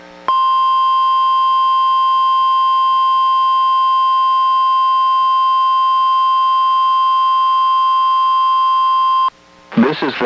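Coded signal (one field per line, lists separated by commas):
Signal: Emergency Alert System (SAME) tones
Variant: 1050 Hz attention tone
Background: speech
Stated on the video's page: NOAA Weather Radio required weekly test from NWS Portland relayed by KEC91 in Astoria, received on a Reecom R-1630 weather radio and recorded on a Zoom H1.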